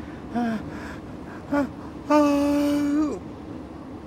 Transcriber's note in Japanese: あくびをしながら